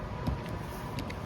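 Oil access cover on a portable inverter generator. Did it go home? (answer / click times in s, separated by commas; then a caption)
yes / 1.0 s, 1.1 s. After the oil is topped up, the plastic oil-access cover on a Champion portable inverter generator is pressed back on over a low steady rumble. Two sharp clicks land at 1.0 s and 1.1 s as the cover snaps into place and seats.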